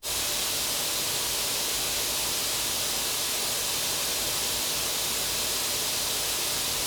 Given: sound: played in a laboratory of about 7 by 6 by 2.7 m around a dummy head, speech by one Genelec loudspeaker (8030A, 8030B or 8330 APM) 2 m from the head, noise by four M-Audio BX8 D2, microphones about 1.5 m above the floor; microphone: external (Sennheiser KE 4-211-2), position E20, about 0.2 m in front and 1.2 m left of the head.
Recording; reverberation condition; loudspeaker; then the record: white noise; medium; four, about 170 cm from the corners of the room and facing them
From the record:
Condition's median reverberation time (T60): about 510 ms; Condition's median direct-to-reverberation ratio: about -0.5 dB